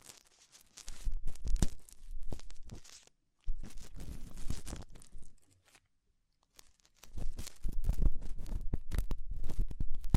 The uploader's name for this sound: Extremely Tingly Ear Exploration